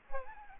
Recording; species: mosquito wingbeat signal from an infrared sensor; Aedes aegypti